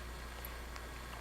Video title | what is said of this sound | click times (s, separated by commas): How to change the battery and the O-Ring in your Liquivision Xen/Xeo/Lynx | the click means that the battery cap is level | 0.8 s